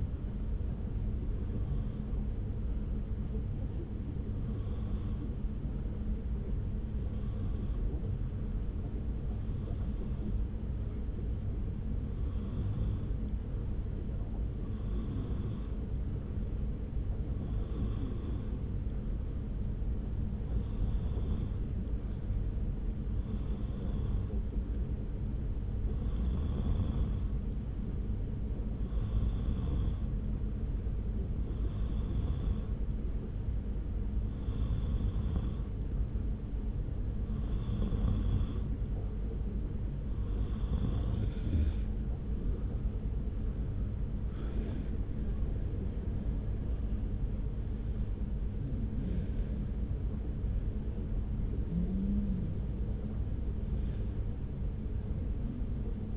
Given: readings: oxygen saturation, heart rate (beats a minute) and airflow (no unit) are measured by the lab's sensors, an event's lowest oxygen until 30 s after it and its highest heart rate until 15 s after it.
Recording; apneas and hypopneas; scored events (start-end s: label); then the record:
breathing in sleep by a smartphone at the bedside; 1
7.00-45.50 s: hypopnea (N2, oxygen 94% highest, then 91% lowest)
From the record:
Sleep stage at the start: N2 (light sleep); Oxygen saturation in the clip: 91 to 95%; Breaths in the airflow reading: 19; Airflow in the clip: -1.5 to 3.2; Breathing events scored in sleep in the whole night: 335 in 6.7 hours asleep